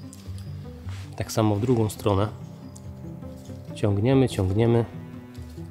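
Someone talks while pulling open the folding arm of a compact Forclaz gas camping stove, moving it toward its locked position, with faint handling ticks in between. Nothing has seated or clicked yet.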